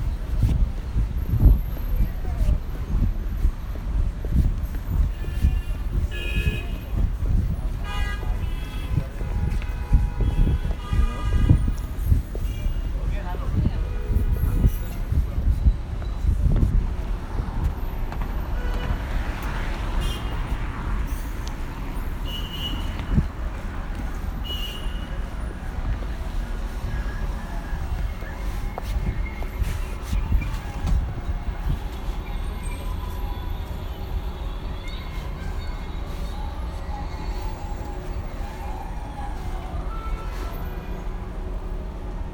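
A field recording made while visiting Colin Siyuan Chinnery's sound piece 'Window Pain' in Beijing. A heavy low rumble, like passing traffic, runs throughout and is thickest in the first fifteen seconds. Scattered voices and brief bright tones surface now and then above it.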